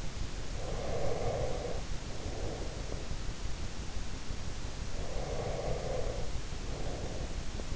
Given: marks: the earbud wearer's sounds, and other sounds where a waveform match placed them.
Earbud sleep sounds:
sounds in sleep by an in-ear microphone; breath
0.56-3.43 s: breath
4.94-7.76 s: breath

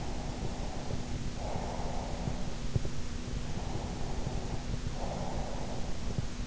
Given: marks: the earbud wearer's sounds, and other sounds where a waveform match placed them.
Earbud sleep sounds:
sounds in sleep by an in-ear microphone; breath
0.00-2.53 s: breath
3.67-6.07 s: breath

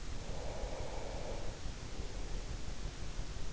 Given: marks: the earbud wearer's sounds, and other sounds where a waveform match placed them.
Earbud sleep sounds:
sounds in sleep by an in-ear microphone; breath
0.15-2.64 s: breath

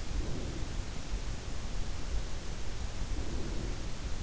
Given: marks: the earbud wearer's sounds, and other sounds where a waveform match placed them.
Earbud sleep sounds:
sounds in sleep by an in-ear microphone; breath
0.00-1.11 s: breath
2.96-3.96 s: breath

